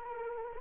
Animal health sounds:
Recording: mosquito wingbeat signal from an infrared sensor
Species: Anopheles arabiensis

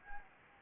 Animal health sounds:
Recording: mosquito wingbeat signal from an infrared sensor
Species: Anopheles gambiae

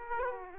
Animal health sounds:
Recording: mosquito wingbeat signal from an infrared sensor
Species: Aedes aegypti

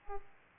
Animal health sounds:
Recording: mosquito wingbeat signal from an infrared sensor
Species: Aedes aegypti

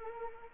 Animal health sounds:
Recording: mosquito wingbeat signal from an infrared sensor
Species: Anopheles arabiensis

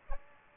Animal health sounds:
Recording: mosquito wingbeat signal from an infrared sensor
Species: Aedes aegypti

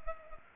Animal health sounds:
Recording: mosquito wingbeat signal from an infrared sensor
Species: Culex pipiens

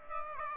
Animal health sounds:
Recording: mosquito wingbeat signal from an infrared sensor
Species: Aedes aegypti

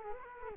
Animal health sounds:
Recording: mosquito wingbeat signal from an infrared sensor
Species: Culex quinquefasciatus

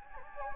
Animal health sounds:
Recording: mosquito wingbeat signal from an infrared sensor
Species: Anopheles gambiae

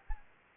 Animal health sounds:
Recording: mosquito wingbeat signal from an infrared sensor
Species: Anopheles arabiensis

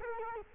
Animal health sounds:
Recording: mosquito wingbeat signal from an infrared sensor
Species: Culex quinquefasciatus

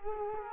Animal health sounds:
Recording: mosquito wingbeat signal from an infrared sensor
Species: Culex quinquefasciatus

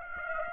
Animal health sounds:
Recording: mosquito wingbeat signal from an infrared sensor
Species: Aedes aegypti

